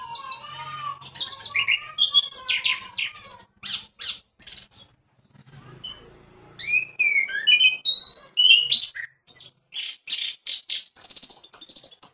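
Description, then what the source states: Orange-headed Thrush pouring out a varied song of clear whistled slurs, buzzy notes and rapid chips, pausing once midway before continuing. Song; called anis merah locally.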